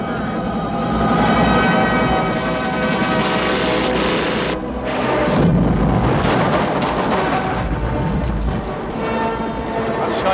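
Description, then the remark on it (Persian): A dense, continuous barrage of gunfire and booming explosions as troops are ordered to open fire, loud and relentless for the full length, with crackling bursts layered over a heavy rumbling roar. “خیلی خوب بچه ها، ببندیدشون به رگبار. آتش کنید، شلیک کنید، فرار کنید.”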